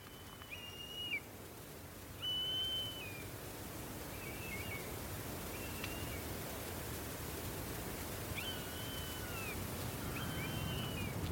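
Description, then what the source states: Common buzzard mewing calls: several high, drawn-out, downslurred whistles against a steady outdoor hiss. Young fledged buzzards, very vocal at this time, possibly calling to their parents; recorded in Mull.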